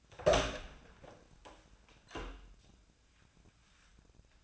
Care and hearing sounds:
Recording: daily activity, microphone in the room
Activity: open door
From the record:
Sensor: 2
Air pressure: 1009.1 hPa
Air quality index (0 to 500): 186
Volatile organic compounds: 3 ppm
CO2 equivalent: 1347 ppm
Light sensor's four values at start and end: 30/79/33/35 and 30/80/34/36

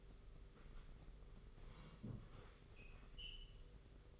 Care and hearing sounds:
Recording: daily activity, microphone in the room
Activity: sit down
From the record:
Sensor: 4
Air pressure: 991.3 hPa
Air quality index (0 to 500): 138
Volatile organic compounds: 57 ppm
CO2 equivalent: 3384 ppm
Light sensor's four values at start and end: 24/77/28/29 and 24/77/29/30

